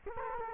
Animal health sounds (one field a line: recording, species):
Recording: mosquito wingbeat signal from an infrared sensor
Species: Culex quinquefasciatus